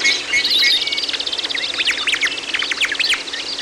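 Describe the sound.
Birds chirping and trilling together, short whistled notes at the start giving way to a fast run of sharp downslurred chips.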